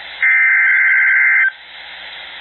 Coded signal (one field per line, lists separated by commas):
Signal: Emergency Alert System (SAME) tones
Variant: header bursts